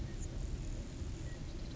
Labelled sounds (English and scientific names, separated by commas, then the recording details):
Grasshopper Sparrow (Ammodramus savannarum)
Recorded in Sonoma County, California